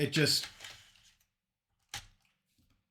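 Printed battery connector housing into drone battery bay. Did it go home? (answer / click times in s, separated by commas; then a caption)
yes / 1.9 s. A 3D-printed connector housing holding DIN battery connectors is pushed into a drone's battery bay while someone talks. A single sharp snap is heard at 1.9 s, followed by a few faint small sounds. The housing is seated in place.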